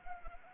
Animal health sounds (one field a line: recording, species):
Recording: mosquito wingbeat signal from an infrared sensor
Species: Anopheles gambiae